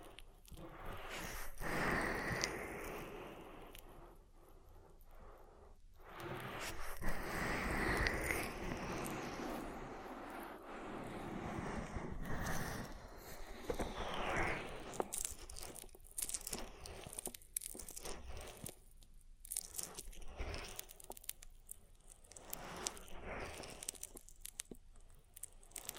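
Oil ear massage, with wet, squishy rubbing and crackling that swells and fades in long waves. Sustained louder passes come around the start, 7–9 seconds and 14 seconds, then the rubbing breaks into shorter, choppier strokes with brief quiet gaps toward the end.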